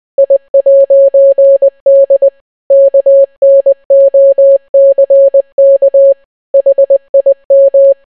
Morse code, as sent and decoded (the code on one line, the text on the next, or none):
.. .----. -.. / -.- -. --- -.-. -.- / .... .. --
I'D KNOCK HIM